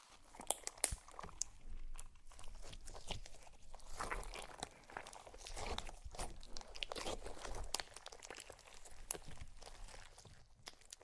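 Slime being squished and played with gives a busy run of crackly, crunchy pops and sticky squelches that keeps going without a break. Sharp clicks spike out often, especially near the start, over soft, uneven bursts of wet crinkling.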